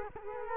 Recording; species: mosquito wingbeat signal from an infrared sensor; Culex quinquefasciatus